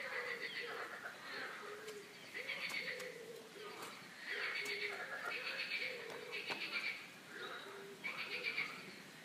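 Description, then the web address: Frog chorus of pulsed rasping croaks, several frogs calling at once. Frogs croaking in a park; the calls are described as a quack-like 'coin-coin'. "coincoin des grenouilles dans le parc"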